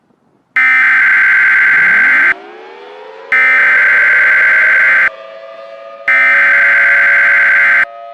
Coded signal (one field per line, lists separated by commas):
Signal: Emergency Alert System (SAME) tones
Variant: header bursts